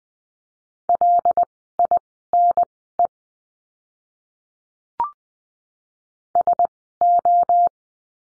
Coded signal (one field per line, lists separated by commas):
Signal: Morse code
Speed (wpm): 20 wpm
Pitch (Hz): 700 Hz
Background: none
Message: LINE SO